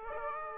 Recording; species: mosquito wingbeat signal from an infrared sensor; Aedes aegypti